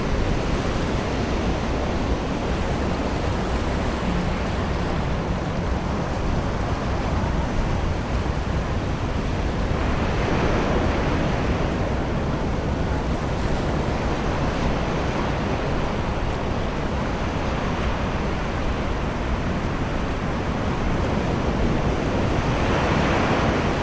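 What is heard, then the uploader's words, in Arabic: A summer beach on the English coast, with surf washing in as a steady, dense roar that fills the low and middle range. Waves swell gently around 10 seconds and again near the end, and a soft rumble like wind or a boat runs underneath. سكينة الصيف على شاطئ إنجلترا. حيث تمتد الرمال بقدر ما يمكن للعين أن ترى، حيث ترتفع وتنخفض الكثبان الرملية الذهبية.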